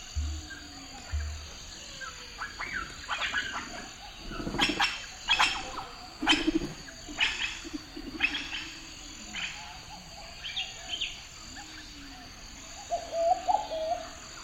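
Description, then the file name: Birds calling in a forest: short chirps and sharp clicky notes in bursts, a few low cooing phrases, over a steady high hiss. "Bird Flutter in the Forrest"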